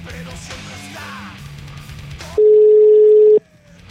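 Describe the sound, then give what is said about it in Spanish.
A steady, loud telephone tone from a live radio call that cut off holds one pitch for about a second, cutting in abruptly after a stretch of busy background sound and then stopping sharply. “Llamará de nuevo. Dio una señal de vida, por lo menos. Estaba en los planes la llamada, pero bueno, no salió como queríamos.”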